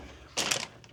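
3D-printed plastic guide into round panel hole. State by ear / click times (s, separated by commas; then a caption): seated / 0.5 s. A 3D-printed plastic guide is pushed into a round hole, a little under 2 inches across, in the dash or body panel of a Dodge Magnum SRT Hellcat build. A brief plastic rustle starts at about 0.4 s, with a sharp click at 0.5 s and a faint tick near 0.8 s. The guide pops into place and is seated.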